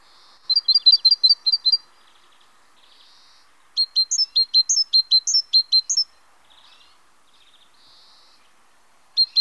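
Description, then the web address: Great tit singing bursts of quick, high, repeated double notes separated by pauses, with faint softer notes in between. "chant Mesange charbonniere"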